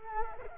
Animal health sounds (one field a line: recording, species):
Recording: mosquito wingbeat signal from an infrared sensor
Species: Culex quinquefasciatus